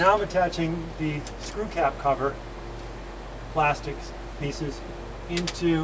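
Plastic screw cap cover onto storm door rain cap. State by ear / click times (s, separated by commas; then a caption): not seated / none. Plastic screw cap cover pieces are handled by hand on a storm door's rain cap, over the screw heads, while someone talks over a steady low hum. No distinct clicks or impacts stand out. Nothing has seated or clicked yet.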